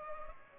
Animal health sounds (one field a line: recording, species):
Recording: mosquito wingbeat signal from an infrared sensor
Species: Culex pipiens